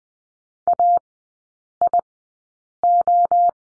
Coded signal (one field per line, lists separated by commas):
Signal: Morse code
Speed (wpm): 20 wpm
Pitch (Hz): 700 Hz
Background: none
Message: AIO